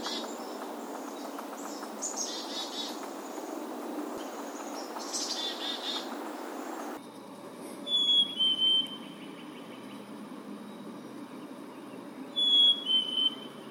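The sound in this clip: Bird: faint buzzy chirps within broad rushing noise, then two short clear two-part whistled phrases.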